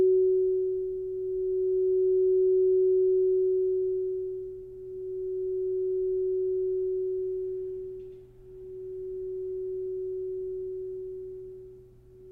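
A crystal singing bowl sustains a single pure, mid-pitched tone with almost no overtones, ringing continuously throughout. Its loudness swells and dips in slow waves about every three to four seconds, and a faint low hum sits steadily underneath.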